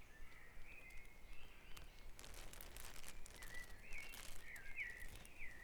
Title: Dawn Chorus // Back Dragon Avenue, Harrogate